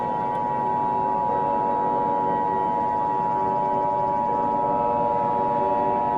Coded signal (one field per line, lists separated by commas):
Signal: Emergency Alert System (SAME) tones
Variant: 853 and 960 Hz attention tone